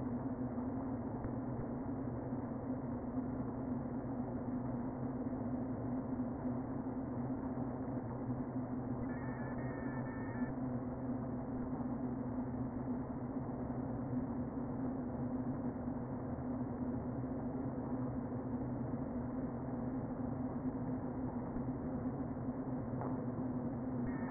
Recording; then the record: honeybee colony, microphone inside the hive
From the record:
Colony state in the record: queen present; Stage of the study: before two queens were removed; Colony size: about 60,000 bees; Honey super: yes